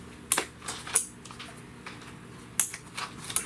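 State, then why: Released. During engine removal on a 2013–2017 Honda Accord, the plastic electrical connectors on the ignition coil pack are unclipped one after another. Sharp clicks at 0.3 s and 2.6 s mark connectors releasing, with softer snaps near 1.0 s and 3.4 s over a quiet background.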